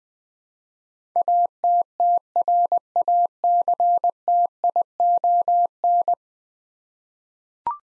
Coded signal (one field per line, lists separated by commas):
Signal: Morse code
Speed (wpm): 20 wpm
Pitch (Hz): 700 Hz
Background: none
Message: ATTRACTION